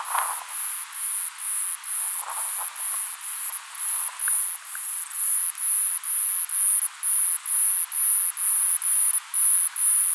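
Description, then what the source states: Myopsalta majurae song, high buzzing bursts in a regular series, about two per second. Recorded at Mt Ainslie.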